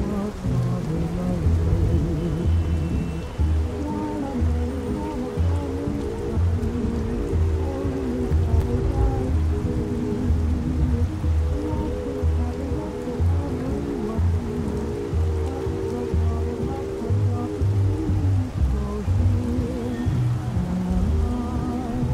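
Oldies music plays in another room, a steady thumping bass beat and muffled melody under a constant hiss of traffic noise.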